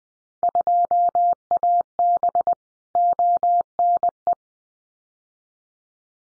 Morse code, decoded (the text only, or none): 2AB ONE